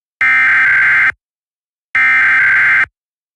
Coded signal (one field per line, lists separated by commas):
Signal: Emergency Alert System (SAME) tones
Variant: header bursts